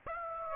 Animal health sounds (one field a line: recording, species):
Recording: mosquito wingbeat signal from an infrared sensor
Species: Aedes aegypti